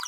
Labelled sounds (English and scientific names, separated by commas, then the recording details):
Green-rumped Parrotlet (Forpus passerinus) babbling
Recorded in a nest box in Venezuela
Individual 18B25A4